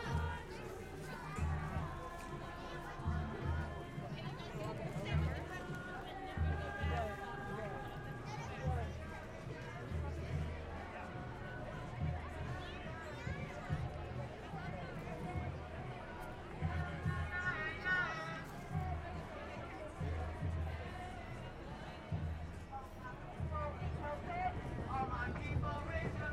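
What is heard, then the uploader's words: An Indigenous performance at a march, with a deep drum beating in a steady pulse throughout and voices singing sustained, wavering chant lines over it. Crowd chatter and outdoor street noise sit underneath, and the level stays fairly even across the clip. Indigenous Peoples Performance. Central District, Seattle, WA. I believe it was a collective of Indigenous Peoples performing this music. DPA 4060 Microphones (stereo pair, binaural) -> Sound Devices MixPre 3.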